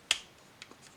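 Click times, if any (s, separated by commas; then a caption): 0.1 s. During the leg transformation of a plastic Transformers Legacy Beast Wars Magmatron robot figure, the straightened knee section of the leg panel is fastened into its plastic clip. A sharp, bright snap at 0.1 s shows the clip seating shut, followed by two much fainter ticks around 0.6 and 0.7 s.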